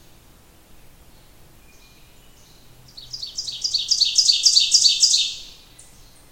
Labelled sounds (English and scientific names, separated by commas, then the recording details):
Ovenbird (Seiurus aurocapilla) song
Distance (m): 10 m
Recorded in boreal forest in Alberta, Canada, on 28 June 2016 at 08:16
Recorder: SongMeter 3, array SBT-6-79
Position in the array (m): 8 m, 126 m
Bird 40